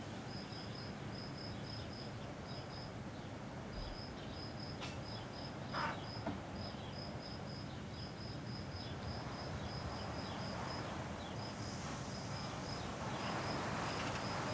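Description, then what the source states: Cicada producing fast pulsed phrases, a short louder sound near the middle, and wind rising toward the end. Single cicada hiding in a garden all week; recorded on a day of constant mistral wind blowing through a pine tree.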